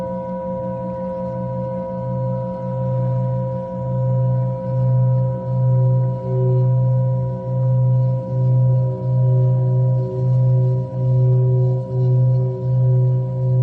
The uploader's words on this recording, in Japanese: メキシコから シンギングボウルのサウンドヒーリング。